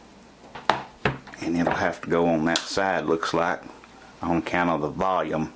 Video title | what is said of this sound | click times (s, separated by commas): iPad Air Smart Cover Review: Is It Worth It??????? | rockers and stuff and you heard it click I'm sure once you | 0.7 s